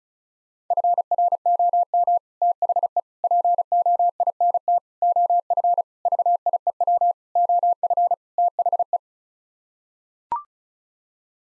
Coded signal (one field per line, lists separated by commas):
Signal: Morse code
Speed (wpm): 36 wpm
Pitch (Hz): 700 Hz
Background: none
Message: FROM THE POINT OF VIEW OF THE